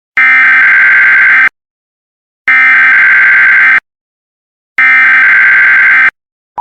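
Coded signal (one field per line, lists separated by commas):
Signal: Emergency Alert System (SAME) tones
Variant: header bursts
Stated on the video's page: Fictional Polish television alert modelled on the American Emergency Alert System.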